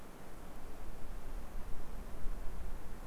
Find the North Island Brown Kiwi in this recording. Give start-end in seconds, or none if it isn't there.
none